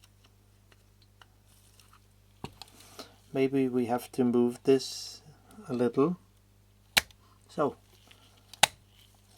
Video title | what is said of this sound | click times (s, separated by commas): Working with Mamiya-Sekor C f=127mm 1:3.8 for Mamiya RB how to assemble the lens housing | so it's click in place | 8.6 s